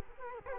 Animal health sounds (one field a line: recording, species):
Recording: mosquito wingbeat signal from an infrared sensor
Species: Culex quinquefasciatus